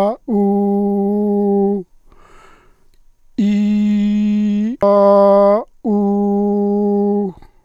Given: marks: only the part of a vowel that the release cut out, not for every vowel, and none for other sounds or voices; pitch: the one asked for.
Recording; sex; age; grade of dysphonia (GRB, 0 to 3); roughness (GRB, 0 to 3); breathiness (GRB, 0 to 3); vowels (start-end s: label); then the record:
sustained vowels; male; 50 to 59 years; 0; 0; 0
0.39-1.69 s: vowel /u/, high pitch
3.71-4.62 s: vowel /i/, low pitch
4.87-5.52 s: vowel /a/, low pitch
5.94-7.18 s: vowel /u/, low pitch
From the record:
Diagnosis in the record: functional dysphonia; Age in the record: 59 years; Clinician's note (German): Internusschwäche mit psychischer Komponente, auffällige Asymmetrie, re deutlich kürzer li